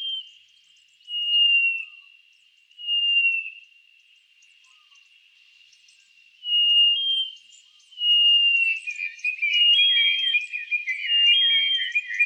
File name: black eared cuckoo